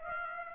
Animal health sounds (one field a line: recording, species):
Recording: mosquito wingbeat signal from an infrared sensor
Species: Aedes aegypti